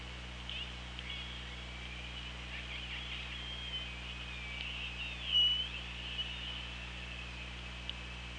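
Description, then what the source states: Killer whale calls underwater, thin wavering tonal whistles with one louder squealing call near the middle, over constant low hum and scattered clicks. Recorded by OrcaLab hydrophone on 24 August 2017 at 17:47.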